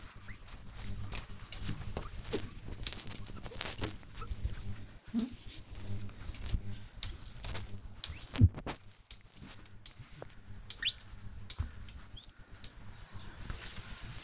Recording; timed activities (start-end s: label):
household activities, microphone on the right wrist
0.00-14.24 s: window cleaning